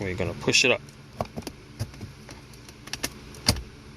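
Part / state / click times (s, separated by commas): ignition switch assembly into steering column mount / seated / 3.5 s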